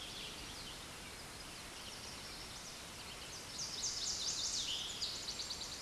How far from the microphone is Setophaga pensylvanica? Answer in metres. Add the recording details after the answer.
about 30 m. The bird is about 5 m above the microphone. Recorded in a Pennsylvania forest on 16 May 2024 at 07:02. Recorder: AudioMoth, point MSD-1368. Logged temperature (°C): 12.5 °C. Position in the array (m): 12 m, 25 m